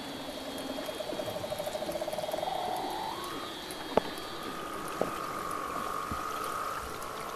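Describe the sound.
Weddell seal calls: a pulsed trill rising in steps, then a long steady whistle.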